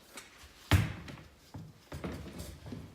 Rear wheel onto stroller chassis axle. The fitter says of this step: thing on the other side back tire it kind of just clicks into place